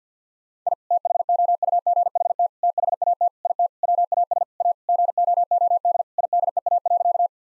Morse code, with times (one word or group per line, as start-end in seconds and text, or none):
0.7-0.7 I
0.9-2.5 THOUGHT
2.6-3.3 THAT
3.5-3.7 IT
3.8-4.4 WAS
4.6-4.7 A
4.9-6.0 GOOD
6.2-7.3 IDEA.